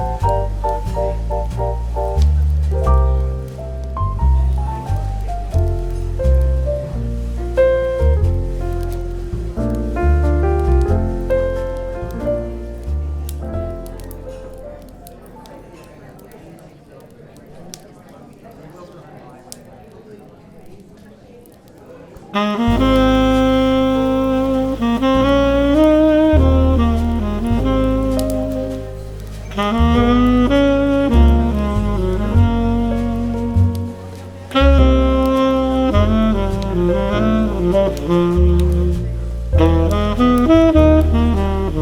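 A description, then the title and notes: Smooth jazz plays up front in a coffee shop setting, with a walking low bass and warm chords under a melody. Around 15 seconds the music thins and softens, then at about 22 seconds a fuller, brighter section returns, with faint chatter beneath. Coffee Shop Bookstore Ambiance.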